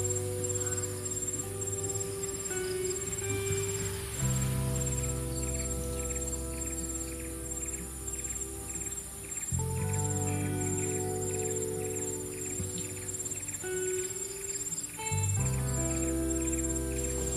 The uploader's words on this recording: Sound of Calm Wave, Cricket sound and Summer Ambience with calming lofi music relaxation.